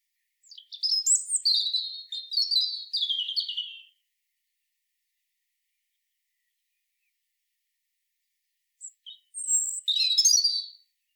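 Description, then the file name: European robin delivering a long, warbling phrase of thin, wavering whistles and quick trills, then a long pause before a second, shorter sparkling phrase. "Erithacus rubecula"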